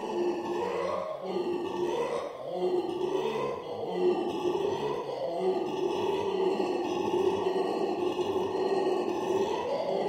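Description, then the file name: Black-and-gold howler monkey roaring, choppy grunting pulses early on merging into a steady, rasping, continuous howl. "alouatta caraya"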